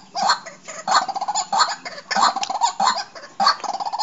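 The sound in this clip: Bird giving rapid, rattling, nasal call bursts, several in quick succession with slightly uneven spacing.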